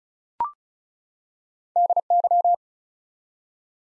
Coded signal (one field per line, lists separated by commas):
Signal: Morse code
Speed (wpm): 36 wpm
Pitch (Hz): 700 Hz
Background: none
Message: DY